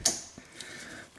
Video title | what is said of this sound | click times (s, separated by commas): Volvo S60, V70, & XC90 Fuel Filter Replacement | again. Make sure I hear the click. | 0.1 s